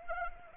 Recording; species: mosquito wingbeat signal from an infrared sensor; Anopheles arabiensis